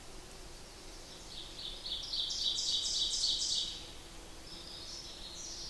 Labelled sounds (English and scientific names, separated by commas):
Ovenbird (Seiurus aurocapilla) song